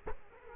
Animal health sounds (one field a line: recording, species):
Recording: mosquito wingbeat signal from an infrared sensor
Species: Culex quinquefasciatus